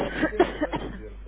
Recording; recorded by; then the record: voluntary cough; telephone call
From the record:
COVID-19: positive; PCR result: checked with the laboratory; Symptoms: yes